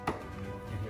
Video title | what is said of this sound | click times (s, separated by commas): 2017 Acura NSX CF Nose Beak + Upgrade Horn with Bumper Removal DIY | You hear it snap, all right? | 0.1 s